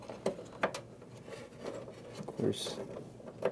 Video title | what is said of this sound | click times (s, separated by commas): Newegg TV: Small Business Server Build with Intel & Microsoft (Part 1: BUILD) | uh there's a couple notches on this side that will allow it to pop into place | 0.6 s